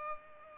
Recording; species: mosquito wingbeat signal from an infrared sensor; Culex pipiens